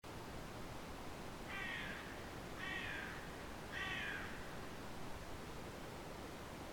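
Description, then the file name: Carrion crow calling three short rasping caws about a second apart, fairly faint against a steady hiss of background noise. "Corvus corone"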